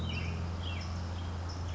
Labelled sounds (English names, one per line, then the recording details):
Western Tanager
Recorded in Sonoma County, California